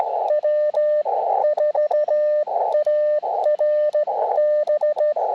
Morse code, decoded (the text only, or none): W4ARB